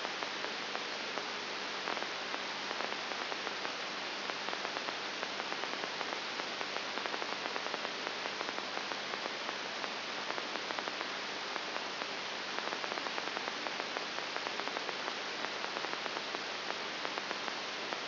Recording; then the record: brain microelectrode recording played as sound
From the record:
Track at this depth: outside the subthalamic nucleus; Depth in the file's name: 6.9 mm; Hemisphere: right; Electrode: 3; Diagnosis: Parkinson's disease